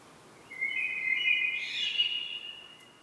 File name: Turdus merula